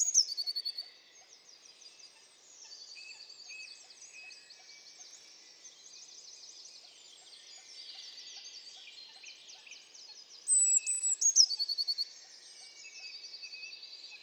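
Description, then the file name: Eurasian blue tit song: a brief trilled phrase near the start and a louder one later, against a dense background of twittering throughout. "Cyanistes caeruleus"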